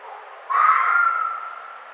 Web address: Red Fox 2009 05 01 Red Fox